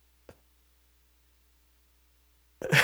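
After a faint click and more than two seconds of near silence, a sudden loud, hissing, explosive burst begins and is cut off at the end. It is a single sneeze from an adult audience member in a quiet room during a sermon.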